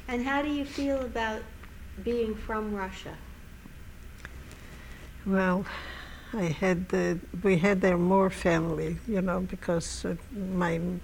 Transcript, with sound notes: And how do you feel about being from Russia?, ( she sighs )
I had, we had more family, you know. Because my